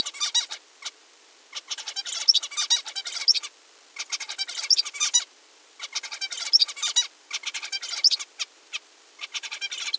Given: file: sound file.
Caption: An example of a Zebra finch song labeled as a signal since it will be masked and recovered.